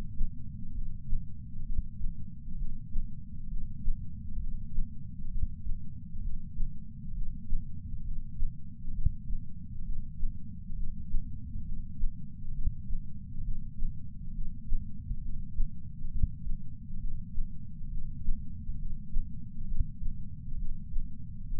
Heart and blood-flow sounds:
heart sounds by patch sensor on the chest; 67 bpm
0.71 s: heartbeat
1.61 s: heartbeat
2.54 s: heartbeat
3.46 s: heartbeat
4.36 s: heartbeat
5.27 s: heartbeat
6.18 s: heartbeat
7.11 s: heartbeat
8.01 s: heartbeat
8.90 s: heartbeat
9.81 s: heartbeat
10.72 s: heartbeat
11.61 s: heartbeat
12.50 s: heartbeat
13.40 s: heartbeat
14.30 s: heartbeat
15.18 s: heartbeat
16.07 s: heartbeat
16.96 s: heartbeat
17.86 s: heartbeat
18.75 s: heartbeat
19.63 s: heartbeat
20.54 s: heartbeat
21.43 s: heartbeat
From the record:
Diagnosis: coronary artery disease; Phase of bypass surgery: preoperative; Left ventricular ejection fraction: 53.1%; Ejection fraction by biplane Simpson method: 48.3%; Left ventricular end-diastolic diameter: 61 mm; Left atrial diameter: 40 mm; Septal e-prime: 7 cm/s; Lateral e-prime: 11.9 cm/s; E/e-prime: 9.8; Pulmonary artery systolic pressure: 34 mmHg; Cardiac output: 5.1 L/min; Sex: female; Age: 60 years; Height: 158 cm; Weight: 54 kg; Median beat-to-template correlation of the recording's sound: 0.90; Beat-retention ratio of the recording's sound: 1.00

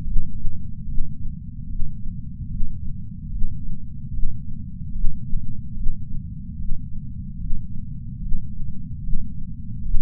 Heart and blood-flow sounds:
heart sounds by patch sensor on the chest; 74 bpm
0.03 s: heartbeat
0.85 s: heartbeat
1.66 s: heartbeat
2.47 s: heartbeat
3.29 s: heartbeat
4.10 s: heartbeat
4.91 s: heartbeat
5.73 s: heartbeat
6.55 s: heartbeat
7.37 s: heartbeat
8.19 s: heartbeat
9.00 s: heartbeat
9.81 s: heartbeat
From the record:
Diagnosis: coronary artery disease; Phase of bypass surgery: intraoperative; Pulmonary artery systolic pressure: 14 mmHg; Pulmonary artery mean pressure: 10 mmHg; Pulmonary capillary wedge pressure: 9 mmHg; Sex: female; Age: 74 years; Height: 160 cm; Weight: 64 kg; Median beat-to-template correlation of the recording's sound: 0.90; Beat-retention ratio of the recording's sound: 0.99

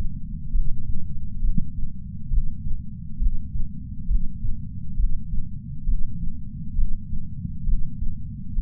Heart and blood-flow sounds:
heart sounds by patch sensor on the chest; 67 bpm
0.52 s: heartbeat
1.41 s: heartbeat
2.30 s: heartbeat
3.18 s: heartbeat
4.07 s: heartbeat
4.96 s: heartbeat
5.85 s: heartbeat
6.75 s: heartbeat
7.65 s: heartbeat
8.55 s: heartbeat
From the record:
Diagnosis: coronary artery disease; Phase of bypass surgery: intraoperative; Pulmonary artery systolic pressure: 24 mmHg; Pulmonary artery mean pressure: 16 mmHg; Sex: male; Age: 58 years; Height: 170 cm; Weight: 80 kg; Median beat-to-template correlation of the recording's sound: 0.91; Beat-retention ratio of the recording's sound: 0.99

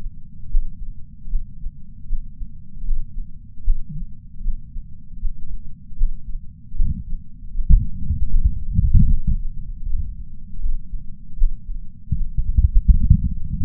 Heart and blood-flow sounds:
heart sounds by patch sensor on the chest; 77 bpm
0.51 s: heartbeat
1.30 s: heartbeat
2.07 s: heartbeat
2.85 s: heartbeat
3.64 s: heartbeat
4.43 s: heartbeat
5.20 s: heartbeat
5.97 s: heartbeat
6.76 s: heartbeat
7.53 s: heartbeat
8.30 s: heartbeat
9.08 s: heartbeat
9.85 s: heartbeat
10.60 s: heartbeat
11.38 s: heartbeat
12.15 s: heartbeat
12.91 s: heartbeat
From the record:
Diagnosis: coronary artery disease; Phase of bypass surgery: postoperative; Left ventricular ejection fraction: 54.7%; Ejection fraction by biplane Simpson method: 53.9%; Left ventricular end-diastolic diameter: 46 mm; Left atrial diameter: 34 mm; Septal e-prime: 6.6 cm/s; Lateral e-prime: 6.8 cm/s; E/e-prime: 16.6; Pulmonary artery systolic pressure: 36 mmHg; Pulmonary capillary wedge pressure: 11 mmHg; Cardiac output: 4.5 L/min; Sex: male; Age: 74 years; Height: 175 cm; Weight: 66 kg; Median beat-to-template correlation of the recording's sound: 0.84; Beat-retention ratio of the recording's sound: 0.98

